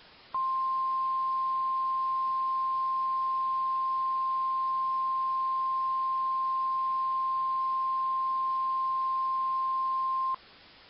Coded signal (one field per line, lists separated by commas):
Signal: Emergency Alert System (SAME) tones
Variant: 1050 Hz attention tone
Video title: EAS Event Retrospective: July 4th, 2001 Severe Weather Outbreak (With Valid Tones)